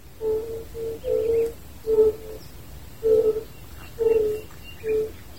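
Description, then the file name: Fire-bellied toads call with mellow, low hoots, some doubled, spaced about a second apart. "wider unken"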